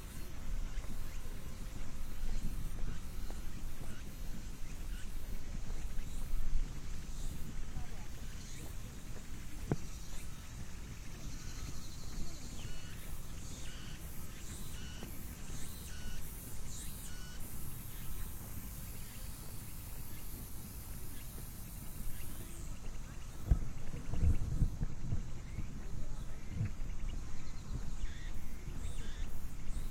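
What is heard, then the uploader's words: Footsteps on a midday walk on a cloudy day, set against a steady low rumble. Faint voices and passing traffic sounds drift through, with a bright hiss swelling around eighteen to twenty-two seconds and a few sharp knocks near twenty-four seconds. 27℃ 多云天的午间散步. Noon Break Walking On A Cloudy Day.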